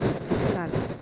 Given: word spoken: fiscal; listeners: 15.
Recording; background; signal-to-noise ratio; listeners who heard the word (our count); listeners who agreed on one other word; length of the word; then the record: one Spanish word in noise, from a listening test; noise modulated by three-talker babble; -7.0 dB; 2 of 15; 8 of 15; 0.62 s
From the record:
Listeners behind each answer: 8, 2, 2, 1, 1, 1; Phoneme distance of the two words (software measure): 30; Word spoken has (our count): 2 syllables, 6 phonemes, stress on syllable 2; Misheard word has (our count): 2 syllables, 6 phonemes, stress on syllable 2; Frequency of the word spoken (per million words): 100.06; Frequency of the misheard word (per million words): 4.93